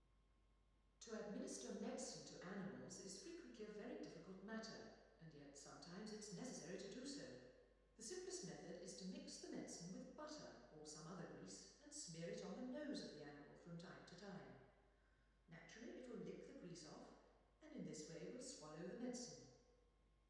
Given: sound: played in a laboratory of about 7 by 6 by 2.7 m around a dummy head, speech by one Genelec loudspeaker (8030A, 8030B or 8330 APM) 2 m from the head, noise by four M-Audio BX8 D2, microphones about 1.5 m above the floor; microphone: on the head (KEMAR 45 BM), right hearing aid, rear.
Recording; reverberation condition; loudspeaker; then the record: female speech in English; high; 150 degrees to the left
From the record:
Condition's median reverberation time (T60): about 1300 ms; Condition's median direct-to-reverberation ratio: about -4.0 dB